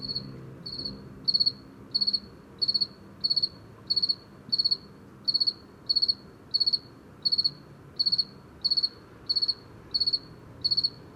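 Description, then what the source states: Two-spotted cricket song of crisp, evenly spaced chirps, each several fast pulses, repeating steadily about every 0.7 seconds. Late-season chirping in a small village street at 420 m altitude, Luc-en-Diois, on 21 October after 8 pm, on a mild night.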